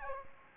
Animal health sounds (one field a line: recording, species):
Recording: mosquito wingbeat signal from an infrared sensor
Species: Aedes aegypti